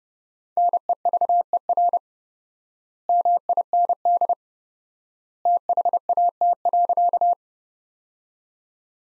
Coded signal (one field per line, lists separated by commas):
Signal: Morse code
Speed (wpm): 31 wpm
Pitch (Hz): 700 Hz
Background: none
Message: NEVER MIND THAT.